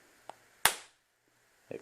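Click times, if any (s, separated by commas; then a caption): 0.7 s. The two plastic halves of a car key fob shell, put back together after its battery was replaced, are pressed shut and snap closed with a sharp, bright click at 0.7 s. A faint tick comes just before it at 0.3 s and a soft clatter near 1.7 s, and the shell is fully seated.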